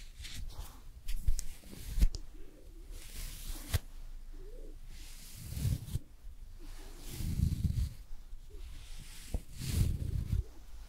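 Makeup and hair styling: soft brushing strokes come in hissy bursts, with sharp taps and clicks near the start and again around the ninth second. Low, muffled rubbing thumps swell a few times in the second half, between quieter stretches.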